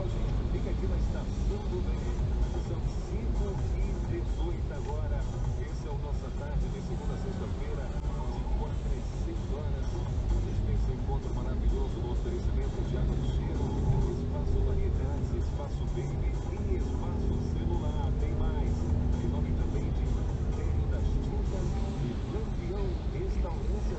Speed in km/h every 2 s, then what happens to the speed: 10, 9, 7, 7, 9, 11, 14, 13, 14, 14, 11, 8.
0-6 steady at about 7. 6-11 speeds up to 14. 11-18 steady at about 14. 18-24 slows to 8.